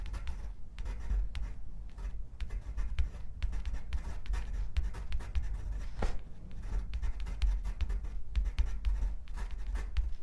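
A pencil and pen scratch across paper in quick, irregular strokes that run without pause for the whole ten seconds. Each stroke is a short, dry rasp, crisp, with a faint low rumble underneath.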